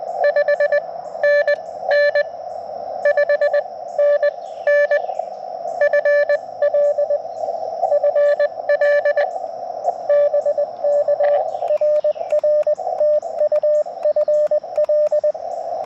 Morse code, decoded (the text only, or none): 5NN 5NN FL FL BK RR TU FL